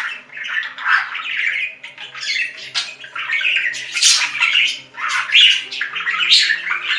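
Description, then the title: Budgerigar in steady busy chatter: raspy warbles, squeaks and sharp squawks overlapping with hardly a break. "Budgie Sounds"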